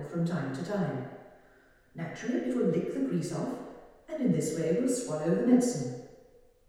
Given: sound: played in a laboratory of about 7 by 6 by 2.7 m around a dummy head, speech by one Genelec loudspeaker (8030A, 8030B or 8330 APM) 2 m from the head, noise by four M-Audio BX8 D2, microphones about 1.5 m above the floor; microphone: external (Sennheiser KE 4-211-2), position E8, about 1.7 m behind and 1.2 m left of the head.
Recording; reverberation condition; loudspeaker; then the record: female speech in English; high; in front (0 degrees)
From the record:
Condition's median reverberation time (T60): about 1300 ms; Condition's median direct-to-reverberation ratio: about -4.0 dB